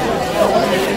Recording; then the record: background sound without coughing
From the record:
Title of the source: Nightlife Party Simulating Party Club Noise 1 Hour